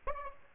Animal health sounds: mosquito wingbeat signal from an infrared sensor; Aedes aegypti

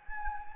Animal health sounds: mosquito wingbeat signal from an infrared sensor; Anopheles gambiae

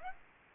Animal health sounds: mosquito wingbeat signal from an infrared sensor; Aedes aegypti

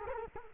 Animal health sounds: mosquito wingbeat signal from an infrared sensor; Culex quinquefasciatus

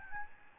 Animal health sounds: mosquito wingbeat signal from an infrared sensor; Aedes albopictus

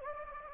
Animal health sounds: mosquito wingbeat signal from an infrared sensor; Anopheles gambiae

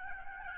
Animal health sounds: mosquito wingbeat signal from an infrared sensor; Aedes albopictus

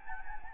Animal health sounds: mosquito wingbeat signal from an infrared sensor; Anopheles gambiae

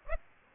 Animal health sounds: mosquito wingbeat signal from an infrared sensor; Aedes aegypti

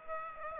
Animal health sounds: mosquito wingbeat signal from an infrared sensor; Aedes aegypti

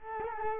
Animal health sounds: mosquito wingbeat signal from an infrared sensor; Culex quinquefasciatus

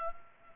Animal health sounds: mosquito wingbeat signal from an infrared sensor; Culex pipiens

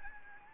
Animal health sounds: mosquito wingbeat signal from an infrared sensor; Anopheles gambiae

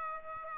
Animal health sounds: mosquito wingbeat signal from an infrared sensor; Aedes aegypti

